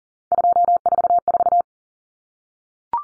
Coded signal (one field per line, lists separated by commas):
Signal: Morse code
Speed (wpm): 40 wpm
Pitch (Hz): 700 Hz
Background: none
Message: 244